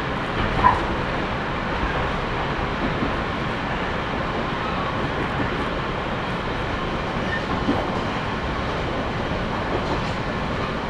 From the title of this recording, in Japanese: 三岐鉄道三岐線 西藤原→北勢中央公園口